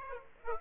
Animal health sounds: mosquito wingbeat signal from an infrared sensor; Aedes aegypti

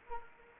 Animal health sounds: mosquito wingbeat signal from an infrared sensor; Anopheles arabiensis

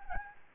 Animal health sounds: mosquito wingbeat signal from an infrared sensor; Anopheles arabiensis

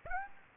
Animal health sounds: mosquito wingbeat signal from an infrared sensor; Aedes aegypti

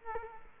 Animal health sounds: mosquito wingbeat signal from an infrared sensor; Culex quinquefasciatus

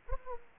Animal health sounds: mosquito wingbeat signal from an infrared sensor; Aedes aegypti

